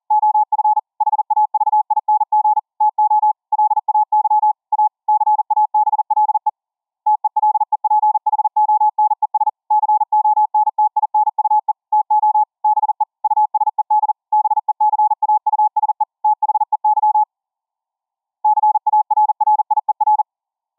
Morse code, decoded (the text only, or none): OF HAVING TO LAY A CABLE TELEPHONES CONTINUE TO BE USED BECAUSE THEY CARRIER